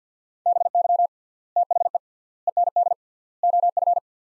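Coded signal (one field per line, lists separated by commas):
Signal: Morse code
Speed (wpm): 50 wpm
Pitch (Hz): 700 Hz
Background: none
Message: BY THE END OF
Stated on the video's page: Morse practice at 50 wpm, sets of four words with 3x word spacing, a word-based Farnsworth-like method.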